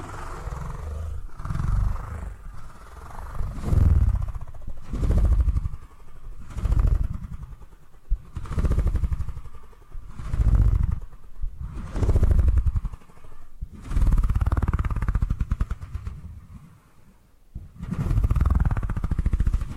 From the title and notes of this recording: ASMR Brain Tingly Purring Triggers for Sleep (No Talking).